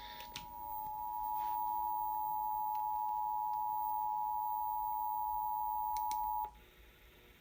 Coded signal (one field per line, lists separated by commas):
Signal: Emergency Alert System (SAME) tones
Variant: 853 and 960 Hz attention tone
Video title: Tv EAS#3 Tornado Warning